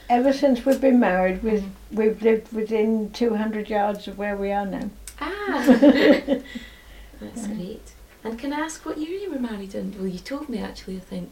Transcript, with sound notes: Ever since we've been married, we've lived within two hundred yards of where we are now.
A-ah! [laughs] That's great. And can I ask what year you were married in? Well you told me actually I think.